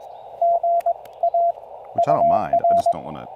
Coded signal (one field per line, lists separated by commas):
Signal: Morse code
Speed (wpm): 19 wpm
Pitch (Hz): 700 Hz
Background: speech, radio noise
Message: GA UR